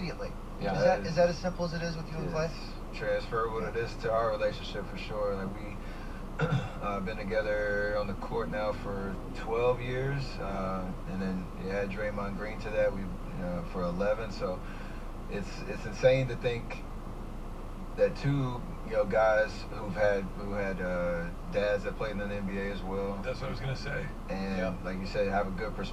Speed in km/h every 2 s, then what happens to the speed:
0, 0, 0, 0, 0, 0, 0, 0, 0, 0, 0, 0, 0.
0-26 standing.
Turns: none.